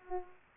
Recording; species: mosquito wingbeat signal from an infrared sensor; Culex pipiens